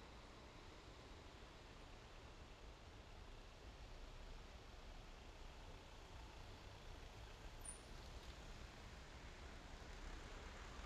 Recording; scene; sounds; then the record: everyday scene through a hearing-aid microphone; in traffic; traffic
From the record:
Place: main road on the outskirts, rush hour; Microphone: in the ear canal, left